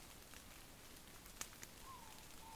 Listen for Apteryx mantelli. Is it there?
no